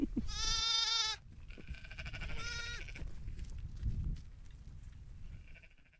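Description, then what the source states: Sheep bleats: one strong, steady bleat, then a second weaker bleat after a pause, followed by low background noise. Sheep on Elab Station, northwest Queensland, many hand-reared poddies, during prolonged drought awaiting rain.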